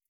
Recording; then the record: hydrophone in a shrimp aquaculture tank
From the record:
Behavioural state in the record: feeding